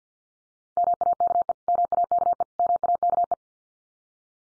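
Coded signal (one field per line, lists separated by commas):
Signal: Morse code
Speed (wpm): 50 wpm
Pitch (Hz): 700 Hz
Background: none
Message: MAKE MAKE MAKE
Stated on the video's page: Head-copy drill of the 500 most common English words at 50 wpm, each word sent three times in Morse, spoken, then sent again.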